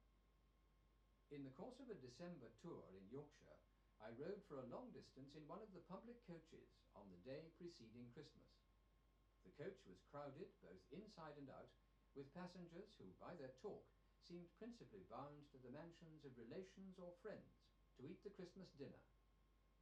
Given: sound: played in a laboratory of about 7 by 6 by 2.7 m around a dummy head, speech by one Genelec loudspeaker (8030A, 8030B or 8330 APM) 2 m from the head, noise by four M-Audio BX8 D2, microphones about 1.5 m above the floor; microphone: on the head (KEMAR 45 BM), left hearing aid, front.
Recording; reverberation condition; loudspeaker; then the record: male speech in English; low; 60 degrees to the right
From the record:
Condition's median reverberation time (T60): about 310 ms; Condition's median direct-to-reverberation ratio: about 3.5 dB